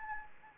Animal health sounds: mosquito wingbeat signal from an infrared sensor; Anopheles arabiensis

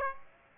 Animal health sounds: mosquito wingbeat signal from an infrared sensor; Aedes aegypti

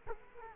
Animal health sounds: mosquito wingbeat signal from an infrared sensor; Culex quinquefasciatus

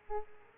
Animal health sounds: mosquito wingbeat signal from an infrared sensor; Aedes aegypti

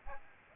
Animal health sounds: mosquito wingbeat signal from an infrared sensor; Aedes aegypti

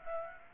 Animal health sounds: mosquito wingbeat signal from an infrared sensor; Aedes aegypti

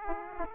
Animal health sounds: mosquito wingbeat signal from an infrared sensor; Aedes aegypti

